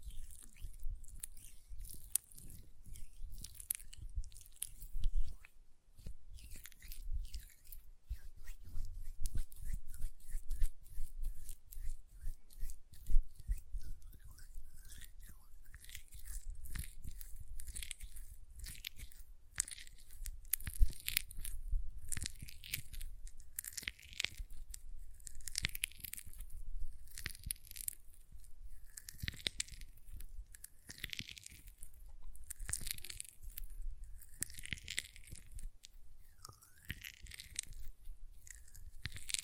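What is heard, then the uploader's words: Hand sounds with nail tapping and lotion noises: wet, sticky clicks and smacking rubs crowd densely throughout. The first fifteen seconds are rougher and crunchier, then from about fifteen seconds on, bright squelching swishes repeat every second or so, with soft low thumps underneath. Hand Sounds, Nail Tapping and Lotion Sounds.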